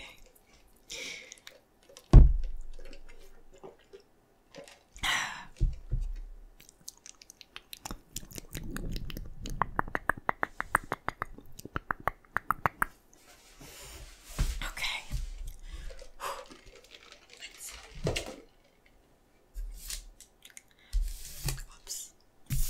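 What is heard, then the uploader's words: Eating sounds: sharp crunches and snaps, a strong bite near two seconds, then a fast rattling run of crisp clicks around nine to thirteen seconds. Wet chewing, smacks and soft mouth noises fill the gaps, with brief silences between bites. ASMR Eating Most Popular Foods - PINK FOOD Donut, Pocky, Boba, Mochi, Rock Candy, Marshmallow.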